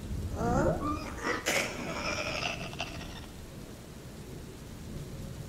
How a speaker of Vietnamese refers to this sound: Ngay lúc đó, bên ngoài sân đình, dưới ánh sét chói lòa xé tan màn đêm và tiếng ầm ầm vì mưa càng lúc càng lớn